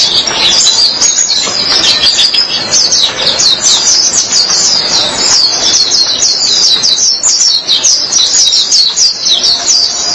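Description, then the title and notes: White-eye song, an unbroken flow of high, rapid twitters and chirping trills, lively and run-on throughout. "Kicauan Burung Pleci Durasi Panjang. Suara kicauan burung pleci"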